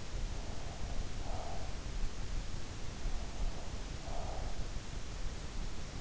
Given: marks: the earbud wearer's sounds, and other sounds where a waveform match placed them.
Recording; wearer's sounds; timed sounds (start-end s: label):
sounds in sleep by an in-ear microphone; breath
0.01-2.07 s: breath
3.01-4.90 s: breath